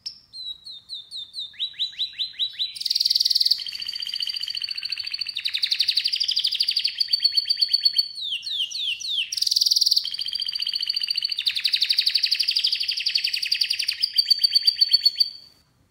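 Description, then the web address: Canary song: continuous varied phrases of rapid chirped notes, sweeping whistles and loud rolling buzzy trills, repeated several times per second. "Canari Seda Canari"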